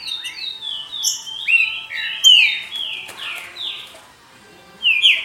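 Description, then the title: Green-winged saltator song: overlapping sweet whistled phrases sliding down in pitch, a brief quiet spell, then one more strong whistled note at the end. "Trinca Ferro"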